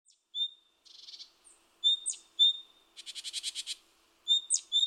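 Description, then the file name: Great tit calls: high, thin notes with sharp downward flicks, broken by two short buzzy churring rattles. "Parus major"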